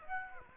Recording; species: mosquito wingbeat signal from an infrared sensor; Aedes aegypti